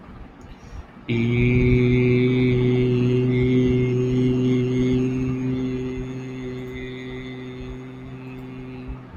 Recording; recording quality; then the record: sustained vowel as in beet; excellent, no background noise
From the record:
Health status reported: healthy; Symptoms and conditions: asthma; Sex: male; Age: 32 years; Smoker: yes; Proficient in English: yes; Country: India